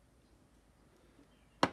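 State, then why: Seated. A printed screw lid is set down on a 3D-printed knurled container body, released and given a little twist. After near silence, a sharp click at 1.6 s is followed by a fainter tick, and the twist-lock lid is locked into place and doesn't go anywhere.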